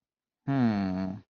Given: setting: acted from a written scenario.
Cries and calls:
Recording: vocal sound without words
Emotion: confusion

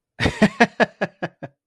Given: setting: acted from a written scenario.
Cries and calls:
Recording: vocal sound without words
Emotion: amusement

